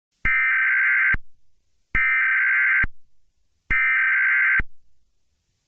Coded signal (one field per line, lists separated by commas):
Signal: Emergency Alert System (SAME) tones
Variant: header bursts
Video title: Nature of Distortion|An original EAS scenario